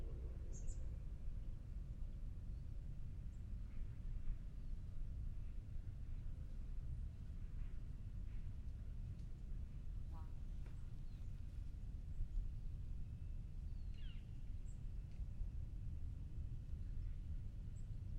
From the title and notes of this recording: Tilden Regional Park - Orinda, CA. Zoom H6. Magnetic Microphone Mounts.